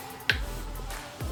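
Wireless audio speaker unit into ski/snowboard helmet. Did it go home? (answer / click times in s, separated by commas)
yes / 0.3 s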